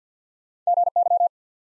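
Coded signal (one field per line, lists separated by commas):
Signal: Morse code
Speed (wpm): 50 wpm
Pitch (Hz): 700 Hz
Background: none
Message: GY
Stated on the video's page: Morse practice at 50 wpm: 3-letter words built one letter at a time for instant character recognition.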